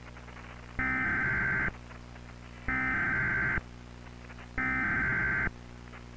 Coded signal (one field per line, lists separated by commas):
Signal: Emergency Alert System (SAME) tones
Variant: header bursts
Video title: EAS Scenario: The Ponderosa Trainwreck (VHS FOUND FOOTAGE)